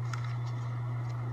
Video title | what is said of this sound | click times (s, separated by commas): MCS Weekly LIVE Show: A Halloween Treat of New Project! | same thing magazine pop open | 0.1 s